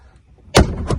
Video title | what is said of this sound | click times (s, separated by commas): How to Replace a Door Checker Stop on a Honda Odyssey Passenger’s Side Door (3rd Gen 2005-2010) | and you'll hear it pop and you can kind of get your hands in and around | 0.6 s, 0.9 s